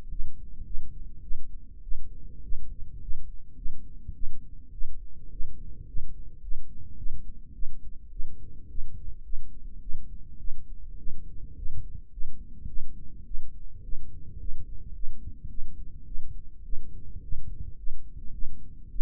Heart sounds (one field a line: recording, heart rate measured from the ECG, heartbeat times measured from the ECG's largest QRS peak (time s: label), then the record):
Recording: heart sounds by microphone in the right ear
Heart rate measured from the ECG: 105 bpm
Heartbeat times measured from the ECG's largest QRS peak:
0.10 s: heartbeat
0.66 s: heartbeat
1.23 s: heartbeat
1.83 s: heartbeat
2.43 s: heartbeat
3.01 s: heartbeat
3.56 s: heartbeat
4.15 s: heartbeat
4.73 s: heartbeat
5.32 s: heartbeat
5.87 s: heartbeat
6.42 s: heartbeat
6.97 s: heartbeat
7.54 s: heartbeat
8.11 s: heartbeat
8.69 s: heartbeat
9.24 s: heartbeat
9.81 s: heartbeat
10.39 s: heartbeat
10.98 s: heartbeat
11.57 s: heartbeat
12.12 s: heartbeat
12.68 s: heartbeat
13.26 s: heartbeat
13.84 s: heartbeat
14.39 s: heartbeat
14.94 s: heartbeat
15.49 s: heartbeat
16.06 s: heartbeat
16.64 s: heartbeat
17.22 s: heartbeat
17.77 s: heartbeat
18.33 s: heartbeat
18.90 s: heartbeat
From the record:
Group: healthy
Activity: rest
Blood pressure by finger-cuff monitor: 108/56 mmHg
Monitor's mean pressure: 72 mmHg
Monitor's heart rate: 105 bpm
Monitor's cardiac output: 9.6 L/min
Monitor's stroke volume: 90 mL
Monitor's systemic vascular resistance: 530 dyn s/cm5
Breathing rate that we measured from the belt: 20 breaths a minute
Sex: female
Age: 22 years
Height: 163 cm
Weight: 67.1 kg